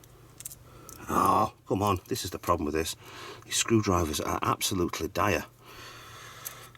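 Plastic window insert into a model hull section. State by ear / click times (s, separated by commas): seated / 6.5 s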